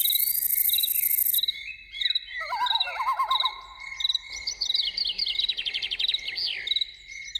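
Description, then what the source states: Loon tremolo, a quick wavering quavering call lasting about a second, with pulsing crickets all along and a high warbling songbird afterward. Evening soundscape.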